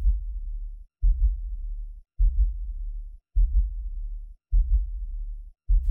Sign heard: Heartbeat.